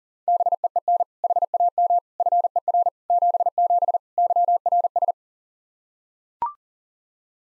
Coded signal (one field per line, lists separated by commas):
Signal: Morse code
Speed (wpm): 37 wpm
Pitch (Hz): 700 Hz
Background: none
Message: BEEN HAM FER 77 YRS